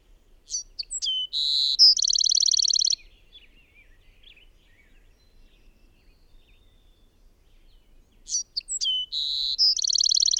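Bird singing two high phrases with a long pause between, each a few quick notes, a steady whistle and a fast trill, with faint twitters in the gap.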